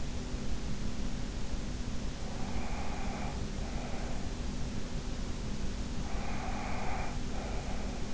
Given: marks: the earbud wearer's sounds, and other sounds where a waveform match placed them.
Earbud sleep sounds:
sounds in sleep by an in-ear microphone; breath
2.37-4.30 s: breath
5.97-8.14 s: breath

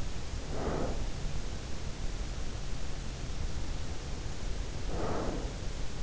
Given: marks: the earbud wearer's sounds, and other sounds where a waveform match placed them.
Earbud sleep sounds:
sounds in sleep by an in-ear microphone; breath
0.14-1.43 s: breath
4.55-5.76 s: breath

